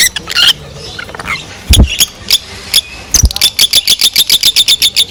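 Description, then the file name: Fischer's lovebird calls: a few shrill squeaks, then a fast, even series of high chirps, with two low thuds. Singing and chirping. "nerazlucniki fisera potryasayushhei krasoty krasivoe penie i cirikane nerazlucnikov fisera"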